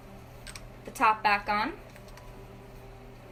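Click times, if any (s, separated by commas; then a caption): 0.5 s, 0.6 s. A rollerball insert, eased in with a little coconut oil, is pushed by hand into the neck of a small glass essential oil roller bottle. It clicks sharply at 0.5 s and again at 0.6 s as it seats. Someone then talks briefly.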